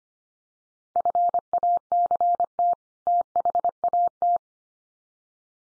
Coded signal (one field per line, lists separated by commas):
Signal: Morse code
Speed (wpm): 25 wpm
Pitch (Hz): 700 Hz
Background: none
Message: FACT THAT